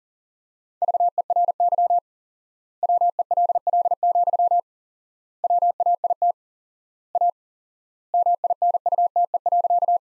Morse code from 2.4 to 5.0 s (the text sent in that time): WELL,